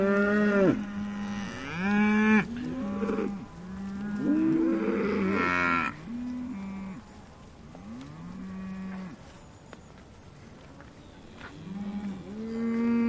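Cattle mooing repeatedly, short and long lowing calls, some overlapping, quieter in the middle and louder again at the end.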